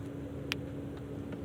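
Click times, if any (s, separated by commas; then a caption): 0.5 s. A plastic cover is pressed onto a Crest Scope disposable mini toothbrush, which has little locks that hold it in place. A single sharp click at 0.5 s stands out over a steady low hum, with only faint ticks afterward. The cover clicks into place and is seated.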